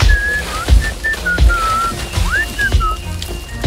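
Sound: person whistling a tune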